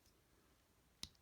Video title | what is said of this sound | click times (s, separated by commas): Transformers Siege Leader Class Shockwave Review | that'll kind of gently click into place and you may have heard it actually click | 1.0 s